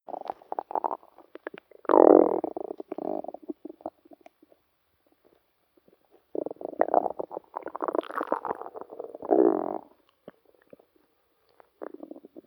Stomach Noises.